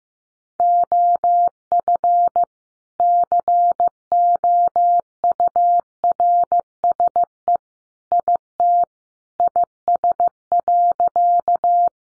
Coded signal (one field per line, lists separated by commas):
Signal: Morse code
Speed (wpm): 15 wpm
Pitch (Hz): 700 Hz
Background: none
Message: OF COURSE IT IS.